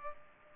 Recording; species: mosquito wingbeat signal from an infrared sensor; Culex pipiens